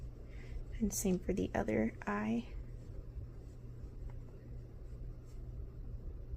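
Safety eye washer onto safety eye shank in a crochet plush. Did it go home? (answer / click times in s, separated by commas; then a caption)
no / none. Someone talks briefly while handling the plastic washer for the second safety eye, which is to be pushed onto the eye's shank through the crochet fabric of a crochet plush. After the talking comes quiet handling noise with a faint tick at 4.1 s. Nothing has seated or clicked yet.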